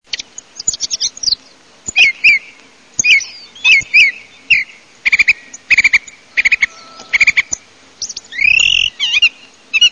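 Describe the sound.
Thrush singing short phrases of sharp, clear notes, several phrases repeated two or three times before changing, ending with a looping whistled flourish.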